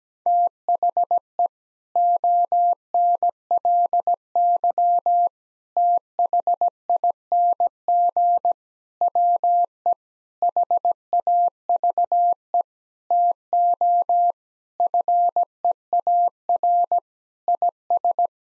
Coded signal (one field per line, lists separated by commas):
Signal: Morse code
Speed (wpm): 17 wpm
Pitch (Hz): 700 Hz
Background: none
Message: THE ONLY THING WE HAVE TO FEAR IS